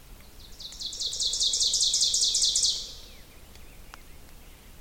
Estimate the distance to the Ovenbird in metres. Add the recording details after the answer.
about 20 m. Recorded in boreal forest in Alberta, Canada, on 2 June 2016 at 06:46. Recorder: SongMeter 3, array SBT-3-7. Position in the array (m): 193 m, 4 m. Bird 6